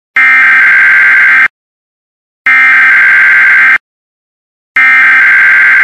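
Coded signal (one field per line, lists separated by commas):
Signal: Emergency Alert System (SAME) tones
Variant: header bursts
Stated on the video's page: Real EAS tornado warning.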